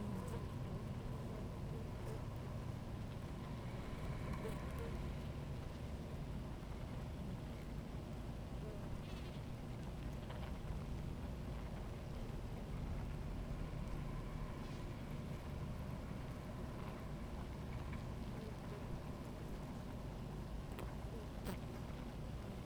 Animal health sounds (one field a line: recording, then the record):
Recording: honeybee colony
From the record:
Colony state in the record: active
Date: 28 July 2017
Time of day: 16:59